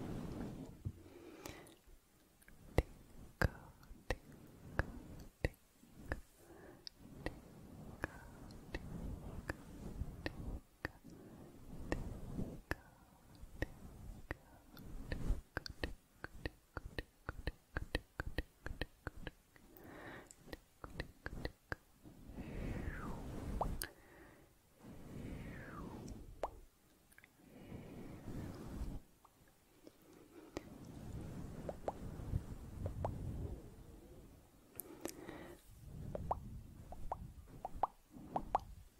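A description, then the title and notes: Soft, slow mouth sounds: wet clicks and little pops come in clusters, quick and busy between about 8 and 20 seconds, then thin out. Between them sit murmuring, breathy stretches with a low hum, and some brief rising squeaky tones around 25 to 27 seconds. ASMR Close Up Soft & Slow Mouth Sounds, Fluffy Mic, Camera Brushing.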